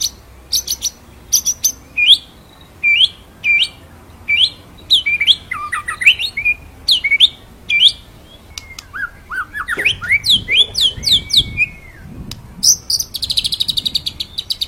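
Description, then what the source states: White-rumped shama song: repeated short whistled phrases with sharp upslurs, becoming a jumble of falling whistles, ending in a high buzzy trill. Masteran recording used to train songbirds; full rolling ('ngerol') song in 'nembak' style.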